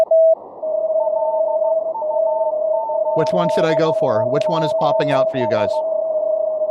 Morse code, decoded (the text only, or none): LU8EGS